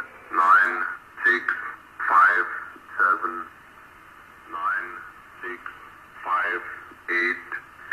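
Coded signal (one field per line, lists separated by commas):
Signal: numbers station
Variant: E06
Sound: short evenly spaced spoken words, about eight in eight seconds, thin radio voice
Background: radio static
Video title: E06 Russian numbers station on 7844 kHz AM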